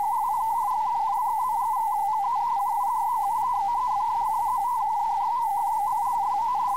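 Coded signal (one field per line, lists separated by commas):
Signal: multi-tone FSK (Olivia or MFSK type)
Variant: Contestia 4/250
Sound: continuous warbling tune of a few tones hopping rapidly around 900 Hz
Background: faint steady tone, hiss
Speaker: stay tuned for another test message just like on the Nets over the radio the transmission will begin in kestia 4250 a mode change to mfsk 32 will be sent followed by the test FL message traffic and then another mode change back to contesa once the traffic is sent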